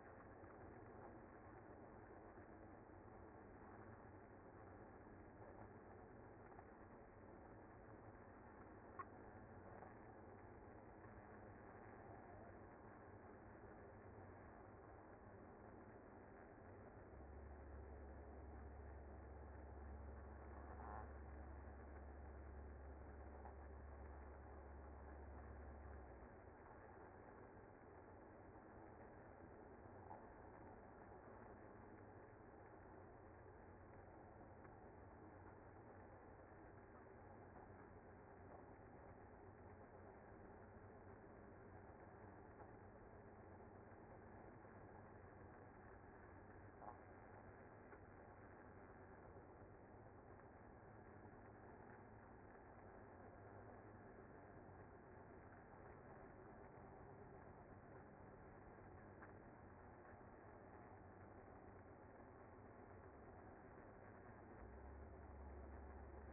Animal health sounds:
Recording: honeybee colony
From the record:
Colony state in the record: active

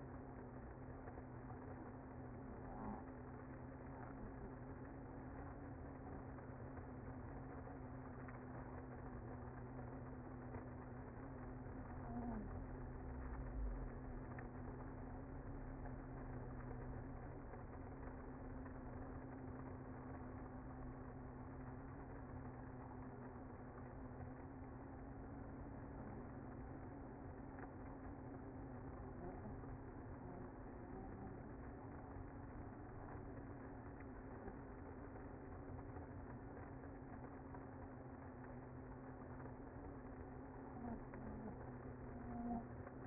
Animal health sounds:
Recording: honeybee colony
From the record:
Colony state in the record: active

